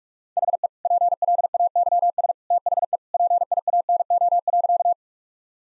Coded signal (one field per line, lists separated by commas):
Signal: Morse code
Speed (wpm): 46 wpm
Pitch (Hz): 700 Hz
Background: none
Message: HE PLAYS THE PIANO.